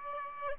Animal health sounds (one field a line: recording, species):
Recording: mosquito wingbeat signal from an infrared sensor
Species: Aedes aegypti